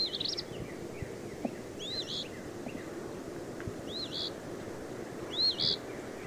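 Eastern phoebe repeating a rough, slurred two-part phrase four times, roughly every one and a half to two seconds, over a steady low background hum.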